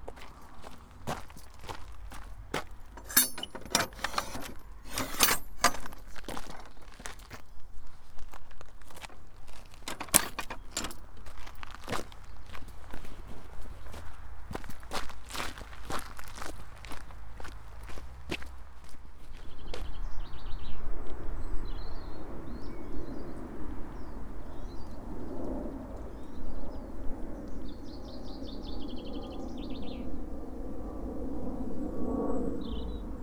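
Footsteps crunch steadily along a path on the East Devon Way for the first twenty seconds, brisk and closely spaced, with a low rumble beneath. Then the steps stop, leaving a louder low murmur of wind and a few scattered bird chirps.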